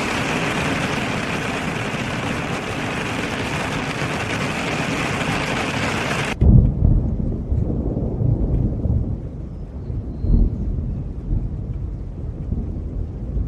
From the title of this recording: Serene Rain Sounds